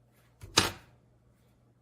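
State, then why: Seated. The back side of a small bench tool presses a pin into a metal watch bracelet link. A soft knock at 0.4 s is followed by a sharp, bright click at 0.6 s as the pin seats home, and the bracelet is assembled.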